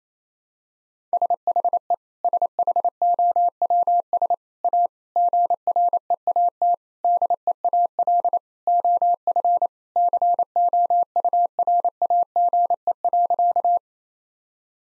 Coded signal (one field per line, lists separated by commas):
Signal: Morse code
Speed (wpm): 28 wpm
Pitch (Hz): 700 Hz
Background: none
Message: SHE SHOWS A GREAT DEAL OF COURAGE.